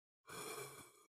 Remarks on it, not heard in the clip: Just go ahead and tuck your chin and just make a voiced H like that. You can hear I had a little phlegm on my folds. Then tuck your chin, swallow. It's not as satisfying as that violent throat clearing, but it will remove the phlegm and protect your voice.